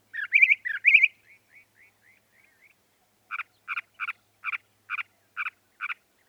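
Northern mockingbird song: a few loud chattering notes, then faint soft chirps, followed by a steady series of clipped double-toned notes repeated about twice a second.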